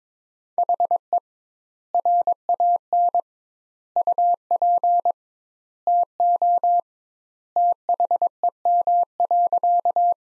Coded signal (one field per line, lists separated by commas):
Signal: Morse code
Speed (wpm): 22 wpm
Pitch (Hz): 700 Hz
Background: none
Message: HE RAN UP TO THEM.